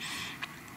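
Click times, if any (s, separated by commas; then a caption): 0.4 s. After a one-time code is entered on its keypad, the motorized bolt of an electronic safe lock retracts and the lock snaps open. A single short, sharp snap is heard at 0.4 s over a steady broadband hiss, and the lock is released.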